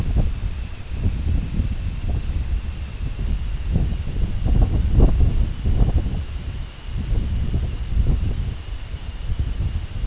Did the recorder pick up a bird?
no